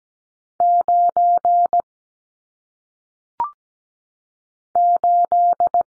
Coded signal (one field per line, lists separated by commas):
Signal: Morse code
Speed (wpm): 17 wpm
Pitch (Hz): 700 Hz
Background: none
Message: 9 8